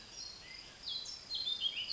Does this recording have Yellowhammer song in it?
no